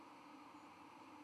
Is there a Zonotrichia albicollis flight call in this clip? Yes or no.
yes